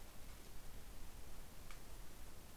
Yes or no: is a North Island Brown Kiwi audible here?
no